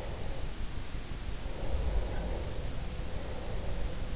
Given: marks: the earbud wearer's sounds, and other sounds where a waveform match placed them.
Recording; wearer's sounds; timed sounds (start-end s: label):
sounds in sleep by an in-ear microphone; breath
0.85-4.16 s: breath